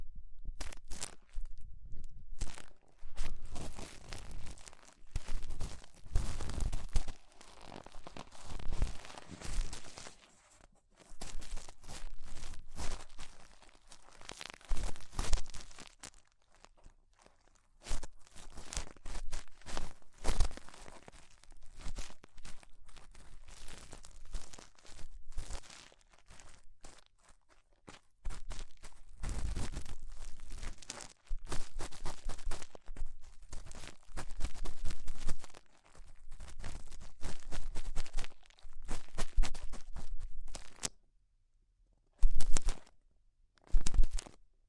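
Ear cleaning with rhinestone and clay removal: bursts of crackly, crunchy scraping and tearing, separated by brief silences, with longer pauses near the end.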